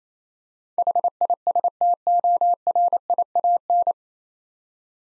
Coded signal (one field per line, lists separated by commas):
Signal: Morse code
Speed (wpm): 28 wpm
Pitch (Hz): 700 Hz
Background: none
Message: HISTORIAN